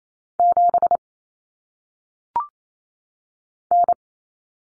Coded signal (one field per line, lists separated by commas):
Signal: Morse code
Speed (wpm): 28 wpm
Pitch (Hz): 700 Hz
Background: none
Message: 7 N